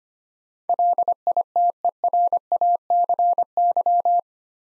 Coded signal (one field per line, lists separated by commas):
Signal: Morse code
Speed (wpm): 25 wpm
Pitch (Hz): 700 Hz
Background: none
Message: LITERACY